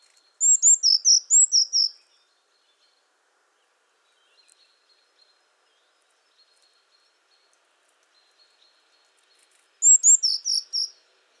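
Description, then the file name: Eurasian blue tit giving a quick series of several high, sharp notes, then silence for about eight seconds before a similar series returns. "Cyanistes caeruleus"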